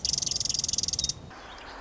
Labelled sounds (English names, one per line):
Marsh Wren